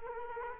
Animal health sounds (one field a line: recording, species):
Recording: mosquito wingbeat signal from an infrared sensor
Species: Culex quinquefasciatus